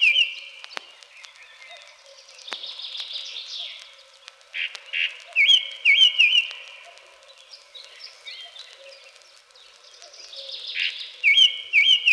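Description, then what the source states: Song Thrush song, bright whistled phrases with some notes repeated, broken by pauses. Spring forest where song thrushes are heard everywhere; unhurried, sonorous phrases sung from the top of a tall spruce.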